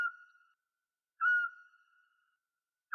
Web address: Otus scops